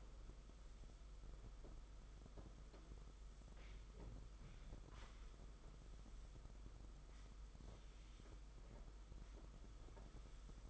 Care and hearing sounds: daily activity, microphone in the room; sweep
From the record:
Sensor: 5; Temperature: 22.1 degrees Celsius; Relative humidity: 50.0%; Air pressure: 991.5 hPa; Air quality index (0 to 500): 120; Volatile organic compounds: 44 ppm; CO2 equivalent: 3207 ppm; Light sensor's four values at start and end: 42/132/50/54 and 42/132/50/54

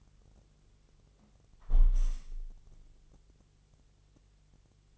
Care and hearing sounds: daily activity, microphone in the room; close window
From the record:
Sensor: 4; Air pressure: 1001.2 hPa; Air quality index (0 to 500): 168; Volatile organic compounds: 2 ppm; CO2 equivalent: 1202 ppm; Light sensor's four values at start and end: 13/29/12/13 and 13/29/12/12

